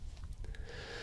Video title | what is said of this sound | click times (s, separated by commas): Yashica 635 - Twin Lens Reflex - Dual Format Camera | to remove it later just pull down against the springs and the top Edge should pop back out | 0.5 s